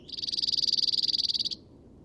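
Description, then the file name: Cirl Bunting song: a dry, even rattling trill of many rapid identical notes lasting about one and a half seconds, then quiet. "hacksparv"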